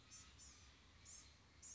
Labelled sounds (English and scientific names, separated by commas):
Blue-gray Gnatcatcher (Polioptila caerulea)